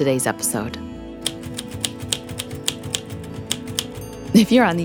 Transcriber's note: sounds of a typewriter clicking